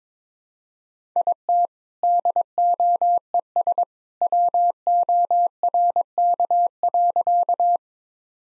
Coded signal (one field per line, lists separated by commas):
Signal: Morse code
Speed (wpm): 22 wpm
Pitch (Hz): 700 Hz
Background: none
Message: IT DOES WORK.